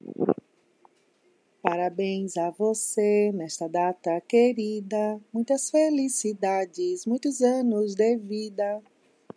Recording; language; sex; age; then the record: short text; Brazilian Portuguese; female; 50 to 59 years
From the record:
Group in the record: control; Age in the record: 55 years